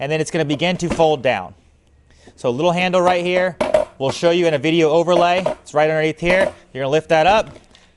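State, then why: Not seated. Someone talks while lifting the small handle underneath the seat of a Pride Mobility iGo S20 folding take-apart mobility scooter so the seat begins to fold down onto its frame toward its locked-down position. The seat is being handled, and nothing has seated or clicked yet.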